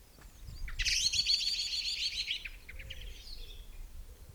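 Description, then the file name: Common blackbird dense, chattering burst of rapid high notes lasting about two seconds, then fading thinner notes, with low rumbling background noise. "Turdus merula"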